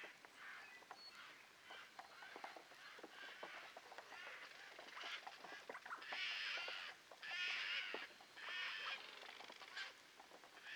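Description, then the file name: Eurasian jay giving harsh, rasping screeches, a series of broad noisy bursts, the loudest after six seconds, with sharp clicks and crackles throughout. "Garrulus glandarius"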